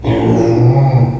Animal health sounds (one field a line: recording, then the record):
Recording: squeal of a Yucatan mini pig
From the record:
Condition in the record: before surgery on the right vocal fold (resection and tissue-engineered implant)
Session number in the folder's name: 2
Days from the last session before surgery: 0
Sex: male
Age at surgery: 12 weeks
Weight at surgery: 13 kg